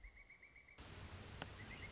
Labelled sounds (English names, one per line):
Pileated Woodpecker